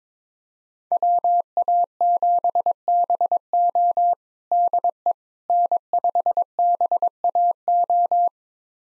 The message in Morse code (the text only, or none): WA7BO DE N5BAO